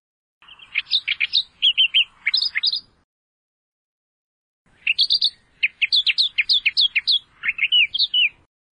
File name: suara kicauan burung kerakbasi australia. omkicau